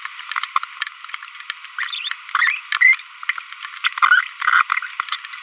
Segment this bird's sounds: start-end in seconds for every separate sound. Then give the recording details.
0.92-1.05, 2.35-2.58, 2.81-2.95, 3.84-3.88, 4.02-4.24, 4.42-4.62, 5.09-5.21. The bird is a female. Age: 25 days. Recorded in a nest box in Venezuela. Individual 17B42B1